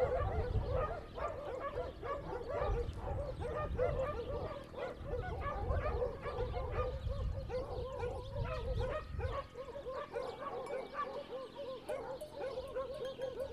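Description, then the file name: Dogs barking continuously in a busy series of rapid barks, with a low rumbling background that stops before the end. Dogs recorded on Spetses. "Dogs and Goats Spetses"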